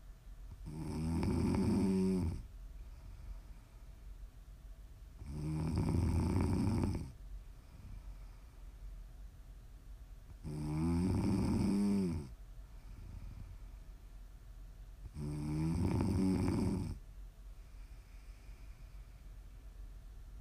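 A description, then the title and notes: Loud, rumbling snores come four times at a slow, regular pace, each lasting about two seconds, with quiet breathing gaps in between. ASMR snoring.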